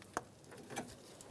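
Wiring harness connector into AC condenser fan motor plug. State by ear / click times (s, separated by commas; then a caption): not seated / none. A wiring harness connector is handled near the AC condenser cooling fan motor plug on a 2003-2008 Honda Pilot during fan replacement. Only light plastic ticks and rustling are heard, with a sharp tick at about 0.2 s and softer ones near 0.8 s and 1.2 s. The connector has not clicked or seated yet.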